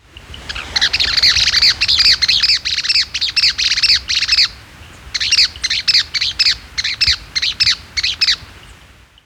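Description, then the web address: Rufous-breasted chat-tyrant calling with rapid strings of sharp, high chattering notes, delivered in two bursts separated by a brief pause. Recorded in Ecuador. "Birds of Ecuador 3-09 Rufous-Breasted Chat-Tyrant"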